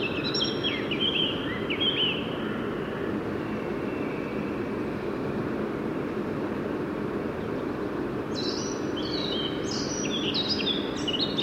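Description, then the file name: Eurasian blackcap song in two bursts, a brief warbled phrase at the start and a fuller run of fast, varied notes near the end, against steady background noise. "Sylvia atricapilla"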